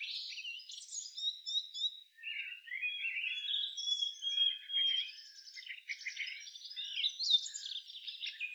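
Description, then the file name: Common nightingale in continuous song: rich, warbling run of high whistles, trills and quick chirps with hardly a break. "Luscinia megarhynchos"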